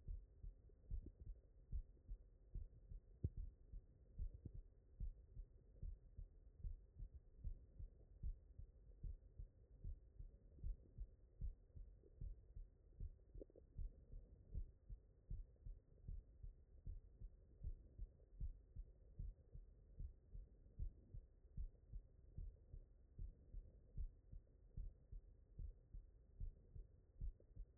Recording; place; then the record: heart sounds by stethoscope; mitral valve (MV)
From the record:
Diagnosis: non-HFrEF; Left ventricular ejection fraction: 65%